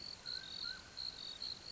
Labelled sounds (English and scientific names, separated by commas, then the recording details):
Mountain Quail (Oreortyx pictus)
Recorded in Sonoma County, California